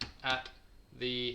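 A folding stock is handled as it is moved toward its completely folded position, where its latch is meant to engage a fourth notch that was added so the stock locks into place there. Someone talks over brief handling sounds. Nothing has seated or clicked yet.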